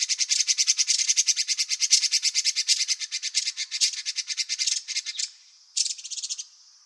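Bird churring in a continuous rapid rattle of harsh notes, then a short final burst after a pause.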